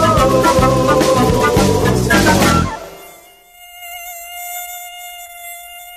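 A loud burst of music cuts off after a few seconds, leaving the steady, high-pitched whine of an Aedes aegypti mosquito buzzing on its own, rising slightly in loudness before settling.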